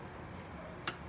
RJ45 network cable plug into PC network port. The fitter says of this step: dapat magclick tapos iof ang unit kung